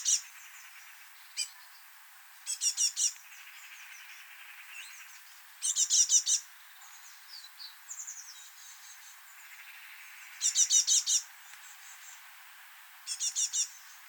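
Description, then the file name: Great tit call series: brisk groups of four or five high, metallic ticks every few seconds, separated by quieter twittering and a faint buzzing background. "Parus major"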